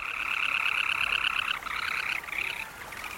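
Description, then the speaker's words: Semipalmated Sandpiper giving a rapid, buzzy, sputtering trill, steady for about one and a half seconds, then broken into short bursts that fade toward the end. Sparrow-sized and highly territorial; spends many hours daily hovering and cruising over its territory while giving this motorboat call. "This tiny semi-palmated sandpiper, the size of a sparrow, is highly territorial and spends many hours every day over its territory, hovering and cruising and issuing this call, the motorboat call."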